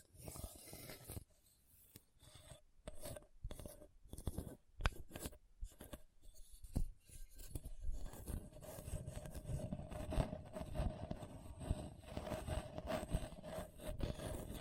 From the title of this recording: Hard and Bumpy Surface Scratching